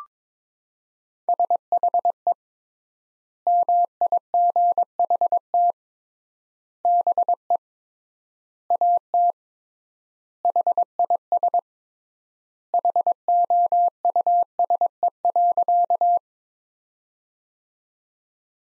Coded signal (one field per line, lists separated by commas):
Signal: Morse code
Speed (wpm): 22 wpm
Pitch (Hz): 700 Hz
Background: none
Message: SHE MIGHT BE AT HIS HOUSE.